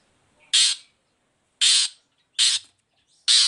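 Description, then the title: Long-tailed shrike harsh calls: four loud, rasping squawks, each under half a second, spaced roughly one second apart. Morning song with varied "toet toet" phrases; provokes other shrikes to answer and sing along. "Cendet Gacor Dor Di Kala Pagi Toet Toet Variasi Suara. Pancingan Emosi Cendet Gacor Full Variasi Toet Toet Bikin Nyaut Cendet Lain Langsung Ikutan Bunyi"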